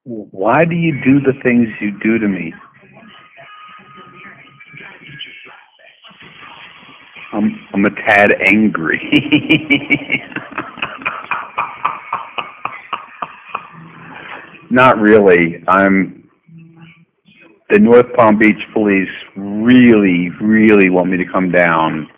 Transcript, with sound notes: Why do you do the things you do to me? I'm a tad angry. [strange laughter] Not really. The North Palm Beach Police really really really want me to come down